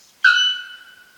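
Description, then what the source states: Bare-throated Bellbird call: one loud metallic 'pong' with a sudden start, a clear ringing tone that fades away over about a second. Guarani name Gura Pong, Gura meaning bird and Pong the sound of its call; national bird of Paraguay; exceptionally loud metallic chime heard nearly a mile away; indicator species of healthy, functioning ecosystems.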